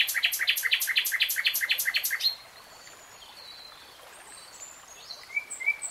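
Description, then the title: Nightingale song: a throbbing series of rapid repeated notes for about two seconds, then soft scattered whistles. Singing, from a 3-hour real-time recording. "[Tiếng chim hót] Nightingale Singing"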